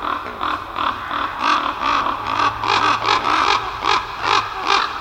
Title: Chris Watson - Ravens Over Their Roost In The Forest